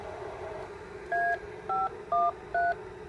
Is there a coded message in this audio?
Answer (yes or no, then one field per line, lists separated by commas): yes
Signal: DTMF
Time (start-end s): 1.1-2.7 s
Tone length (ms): 190 ms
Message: A513